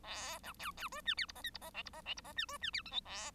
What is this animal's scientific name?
Lonchura striata domestica